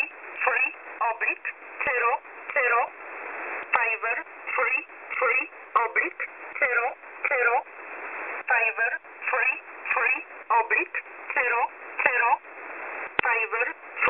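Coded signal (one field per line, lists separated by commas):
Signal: numbers station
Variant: E11 Oblique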